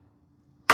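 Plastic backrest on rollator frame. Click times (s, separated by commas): 0.7 s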